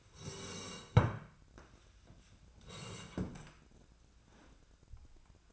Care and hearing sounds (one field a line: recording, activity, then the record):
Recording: daily activity, microphone in the room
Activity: sit down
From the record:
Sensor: 2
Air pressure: 1012.2 hPa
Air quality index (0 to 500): 168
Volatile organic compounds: 2 ppm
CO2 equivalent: 1222 ppm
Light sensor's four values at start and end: 83/182/87/108 and 44/113/49/55